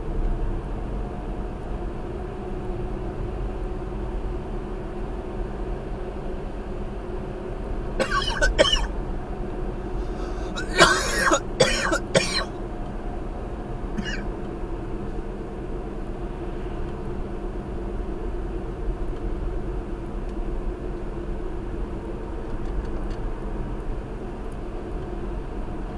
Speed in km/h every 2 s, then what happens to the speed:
69, 71, 72, 72, 72, 71, 69, 68, 68, 68, 68, 68, 69.
0-26 steady at about 69.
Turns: none.